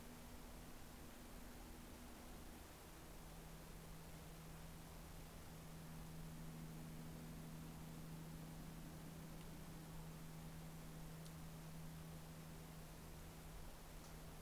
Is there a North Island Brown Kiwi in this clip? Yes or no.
no